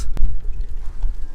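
A small plastic solar panel for a solar water pump is slid onto its mounting bracket frame and seats with a sharp click at 0.2 seconds. Low rumbling background noise continues, with a softer knock at about 1.0 seconds, and the panel is confirmed to be on.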